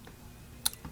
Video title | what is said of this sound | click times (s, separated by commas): Whirlpool Refrigerator Ice Build up - Model WRS325FDAM02 | As you see, all those clips snap on the top part, and the 2 clips on the bottom, they will snap in place. | 0.7 s